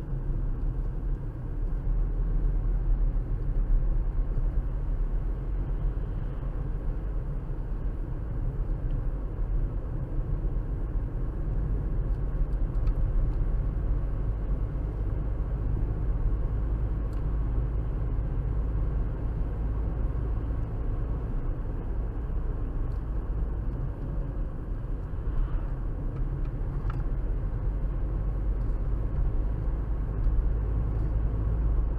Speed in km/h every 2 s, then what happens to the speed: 50, 47, 53, 56, 56, 58, 60, 63, 66, 66, 69, 66, 56, 58, 61, 64.
2-20 speeds up to 69. 20-24 slows to 56. 24-32 speeds up to 64.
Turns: none.